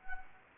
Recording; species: mosquito wingbeat signal from an infrared sensor; Anopheles gambiae